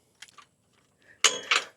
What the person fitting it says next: Locks into place.